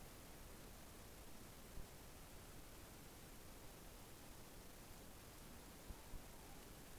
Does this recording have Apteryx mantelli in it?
no